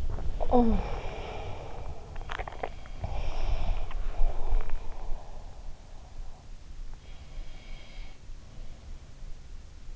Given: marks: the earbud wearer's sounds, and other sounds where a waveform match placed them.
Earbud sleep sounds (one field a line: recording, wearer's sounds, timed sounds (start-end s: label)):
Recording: sounds in sleep by an in-ear microphone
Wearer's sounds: talking in sleep, swallowing, teeth grinding, breath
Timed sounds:
0.00-1.09 s: talking in sleep
2.06-2.90 s: swallowing
2.21-2.55 s: teeth grinding
2.90-5.75 s: breath